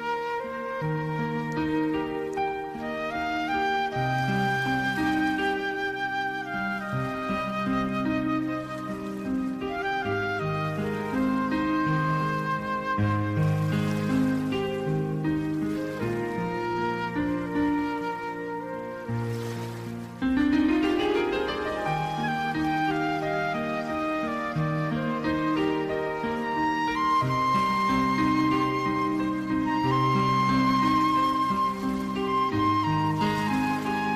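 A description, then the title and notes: Gentle piano and flute music plays over a soft hiss, with steady chords and melody notes, and a brief swell near twenty seconds. Soothing blend of white noise, relaxing piano, and flute music. The white noise acts as a gentle background hum.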